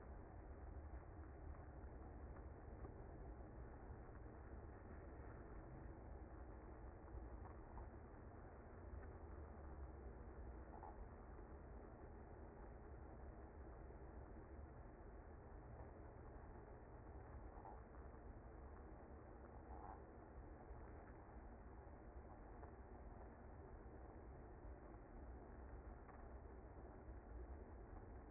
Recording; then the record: honeybee colony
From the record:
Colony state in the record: active